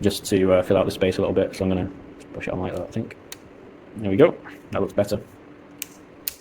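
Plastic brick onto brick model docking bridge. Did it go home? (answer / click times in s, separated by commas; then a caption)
yes / 5.8 s, 6.3 s. Someone talks while pressing a plastic brick structure down onto the studs of a plastic building-brick model ship's docking bridge. Two short, sharp clicks follow at 5.8 s and 6.3 s as the brick seats in place.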